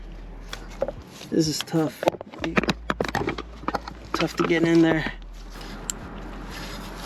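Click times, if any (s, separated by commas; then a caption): 5.9 s. Someone talks while pushing the front oxygen sensor plug into the wiring harness connector on a Milwaukee 8 FXLRS motorcycle during an SP Concepts Lane Splitter exhaust install, with scraping and handling ticks as it proves tough to get in. A single sharp click at 5.9 s marks the connector seating fully into place.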